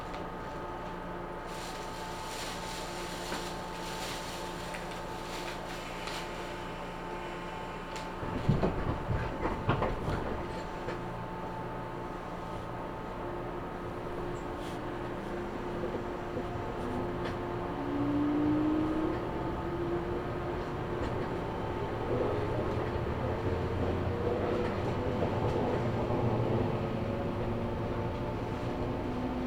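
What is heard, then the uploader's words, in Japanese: Train ride on the Kagoshima and Chikuho lines: a steady low rumble of the carriage with a sustained droning hum throughout. Around eight to ten seconds a burst of clattering and knocks cuts through, and later a rising whine appears as the train picks up speed. 鹿児島本線・筑豊本線 九州工大前→折尾→本城。北九州市内の工業地帯を行くので貨物用の側線が多く並んでいて。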